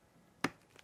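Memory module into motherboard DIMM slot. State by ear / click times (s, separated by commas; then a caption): seated / 0.4 s. A RAM memory module is pressed straight down with the fingers into a DIMM slot on a motherboard resting on top of a box, with a hand held underneath for support. A sharp, bright snap comes at 0.5 s as the retention clip latches, followed by a fainter tick at 0.8 s. The module is seated.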